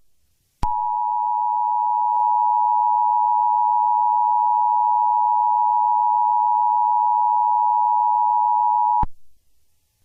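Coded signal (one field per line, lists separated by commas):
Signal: Emergency Alert System (SAME) tones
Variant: 853 and 960 Hz attention tone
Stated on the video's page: Mock EAS scenario with valid EAS tones.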